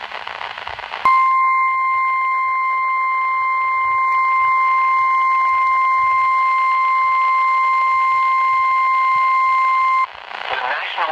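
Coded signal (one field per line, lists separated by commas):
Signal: Emergency Alert System (SAME) tones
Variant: 1050 Hz attention tone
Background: speech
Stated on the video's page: Tornado Warning EAS tones over NOAA Weather Radio for Indianapolis, Indiana.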